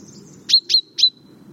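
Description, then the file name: Common chaffinch gives three crisp chink notes, each with a short thin tail, against soft low background noise. "Fringilla coelebs"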